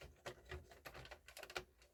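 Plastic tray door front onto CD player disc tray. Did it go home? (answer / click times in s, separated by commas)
no / none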